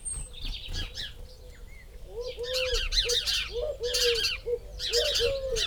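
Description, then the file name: House sparrow chirping in loud overlapping bursts, with a low, soft cooing sound repeated through the second half beneath the chirps. "Passer domesticus"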